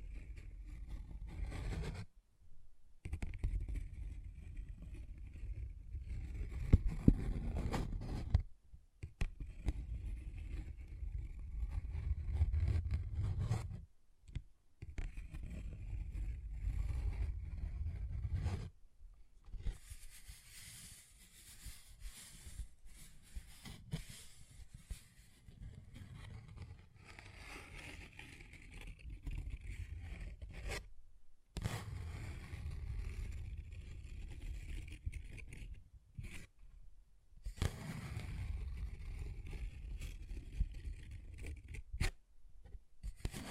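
A paper bag is tapped and scratched in uneven bursts, with a dull, low rumbling rustle running through most passages. Brief silent gaps break the sound every few seconds, and sharper crinkly scratches flare up now and then, especially around the middle.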